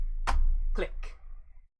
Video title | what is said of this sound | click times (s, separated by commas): Lets Talk Tech - Changing CPU Thermal Paste, Installing a GPU and Answering Tech Question | you want to get it in then you want to hear a click | 0.3 s